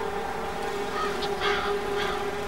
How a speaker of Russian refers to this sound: музыка этого места, то бишь голоса галок, голоса грачей, слетающих с колоколен. Это кар-кар.